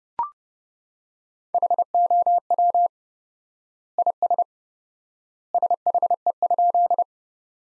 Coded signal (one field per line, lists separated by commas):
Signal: Morse code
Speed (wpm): 30 wpm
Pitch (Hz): 700 Hz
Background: none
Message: HOW IS SHE?